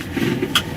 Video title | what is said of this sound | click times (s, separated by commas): Knight Pre Trip Inspection | and it locks into place | 0.6 s